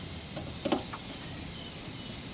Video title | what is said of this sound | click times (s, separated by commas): Chevy Tahoe Yukon Cadillac Escalade Fuel Pump And Fuel Filter Replacement | Like that. And I'm going to push it. And you're going to hear it snap. | 0.7 s